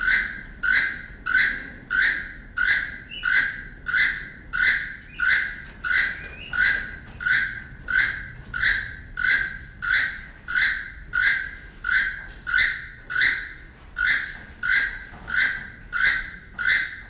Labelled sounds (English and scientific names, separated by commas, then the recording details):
Keel-billed Toucan (Ramphastos sulfuratus) call
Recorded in captivity
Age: adult
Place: Zoo Berlin, Berlin, DE
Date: 1993-02-20 14:07
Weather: 3 °C, heiter bis wolkig, böiger Wind
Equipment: Marantz CP 430, Sennheiser ME 80, Kopie Uher Variocord 263
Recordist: Tembrock, Günter